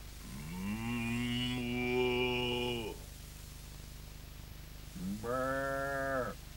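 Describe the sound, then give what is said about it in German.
A long, drawn-out moo that rises in pitch, then after a pause a shorter, wavering bleat, both loud and harmonic, voiced by a person told to moo and bleat, imitating cattle and sheep. “Mu und Blöke zu.”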